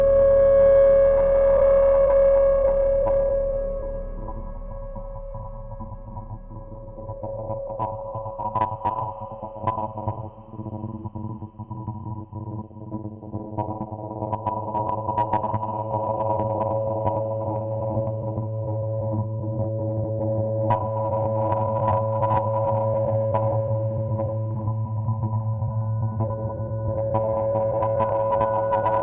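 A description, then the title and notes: Processed sine tones hold as stacked, sustained pitches over a low droning hum. A clear mid-high tone rings alone at the start, then fades by about four seconds as the sound dips. Layers swell back with flickering, crackly pulses through the rest. Raw processed sine tones. Most of it done in AudioMulch...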